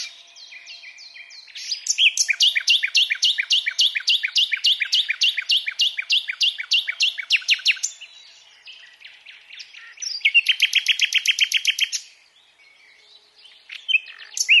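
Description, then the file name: Common nightingale song: a long, loud string of rapid repeated chopping notes for several seconds, softer chatter, then a separate fast, ringing trill. "Luscinia megarhynchos"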